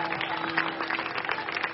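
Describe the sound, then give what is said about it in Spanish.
A church audience applauds the Lord together, a dense, steady patter of many hands clapping at once, fairly loud and continuous, with a faint low hum running underneath. “Dele aplauso al Señor.”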